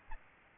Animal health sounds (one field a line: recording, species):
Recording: mosquito wingbeat signal from an infrared sensor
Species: Aedes albopictus